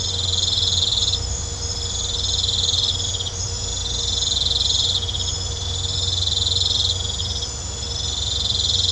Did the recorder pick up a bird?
no